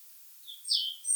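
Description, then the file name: European robin call: a faint thin note, then a louder high seeping note sliding downward, then a higher note, over soft background hiss. "Erithacus rubecula"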